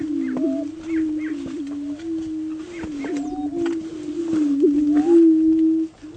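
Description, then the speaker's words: Greater prairie chicken booming: a steady low humming boom with brief higher whoops over it. Males boom on leks in March and April each spring as females fly in to mate; pioneers recalled it as the sound of spring and planting time. "What we're going to listen to now is the sound of a booming prairie chicken."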